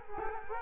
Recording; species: mosquito wingbeat signal from an infrared sensor; Culex quinquefasciatus